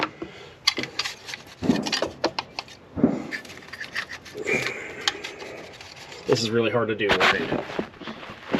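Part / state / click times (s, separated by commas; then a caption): distributor into engine block / not seated / none. A Fox Body distributor is pushed down into the engine block onto the oil pump drive, with sharp metallic knocks, rubbing and scraping while someone talks. The distributor does not drop fully home, and nothing has seated or clicked yet.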